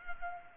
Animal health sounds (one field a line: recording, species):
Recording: mosquito wingbeat signal from an infrared sensor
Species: Culex pipiens